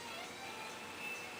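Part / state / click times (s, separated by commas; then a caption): clutch release fork into transmission bellhousing pivot / not seated / none. A conventional clutch release fork and pivot assembly is handled at a swapped 4G63 bellhousing on an R154 transmission, being laid over toward its pivot. Only a steady, broadband hiss-like background is heard, with no distinct clink. Nothing has seated or clicked yet.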